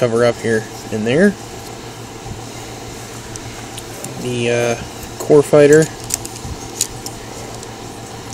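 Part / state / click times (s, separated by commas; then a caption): plastic core fighter part into a model tank body / seated / 6.1 s, 6.8 s. Someone talks while a plastic core fighter part of a model kit is pressed into its slot in the model tank body. Sharp clicks at 6.1 and 6.8 seconds mark the part snapping in, and it ends up seated in place.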